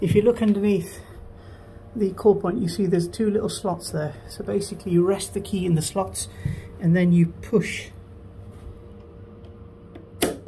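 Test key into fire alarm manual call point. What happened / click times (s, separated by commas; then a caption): The test key clicked into place / 10.2 s. Someone talks while a test key is rested in the two slots under a fire alarm manual call point and pushed up. A sharp click at 10.2 s marks the key clicking into place, which pulls the key down and drops the jaw to trigger the alarm.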